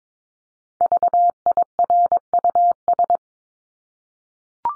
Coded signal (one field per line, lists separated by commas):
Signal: Morse code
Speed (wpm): 22 wpm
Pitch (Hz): 700 Hz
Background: none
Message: VIRUS